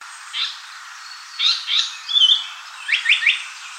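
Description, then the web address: Japanese paradise flycatcher song: a few scattered high notes, a brief sustained whistle, then three quick rising notes in a row near the end. Recorded 24 May 2014. "birdenaga sankoutyou"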